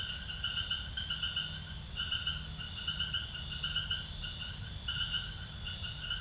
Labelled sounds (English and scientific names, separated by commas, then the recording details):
none
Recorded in secondary vegetation near Puerto Asís, Putumayo, Colombia, on 29 June 2025 at 18:30
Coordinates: 0.498, -76.327
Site GP09